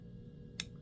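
The blade of a steel folding knife is flicked open off the thumb stud and swings out until the lock bar in the handle snaps in behind it. A single sharp, bright click at 0.6 s stands out over a quiet, low background hum. The blade locks open with a satisfying, clicky detent.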